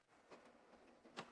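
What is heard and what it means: The plastic main lid of an Epson F170 printer is opened again and locks into its raised position in the open support latch. After low background noise and a softer knock near 0.3 s, a sharp click sounds at 1.2 s, and the lid is seated open.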